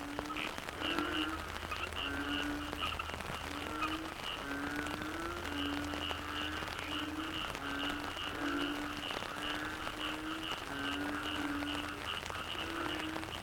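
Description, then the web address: Frogs calling continuously, low moaning croaks repeating every second or two over quick high pulsed notes and a low background hum. Frog chorus soundscape recorded in the Cherating wetlands, Malaysia. "audio soundscape malaysia yamaha-frogs-cherating-wetlands"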